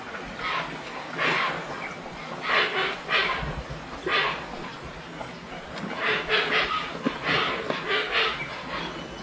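Hoatzin calls, a series of hoarse, wheezy rasping notes repeated irregularly about every half second to two seconds, over a steady noisy background.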